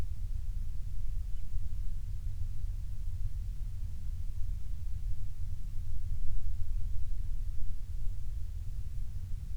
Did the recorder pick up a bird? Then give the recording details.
no. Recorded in the Prudhoe Bay oil fields, Alaska, on 12 July 2019 at 02:21. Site 16